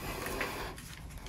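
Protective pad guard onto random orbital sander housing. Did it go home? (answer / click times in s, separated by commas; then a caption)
no / none. A plastic protective guard is being pressed onto the housing around the sanding pad of a Bosch GET 75-150 Professional random orbital (eccentric) sander, where it clips on to keep the pad from being damaged when bumped. Short handling sounds stand out at about 0.4, 0.8 and 1.3 seconds over a low background. Nothing has clipped into place yet when the clip ends.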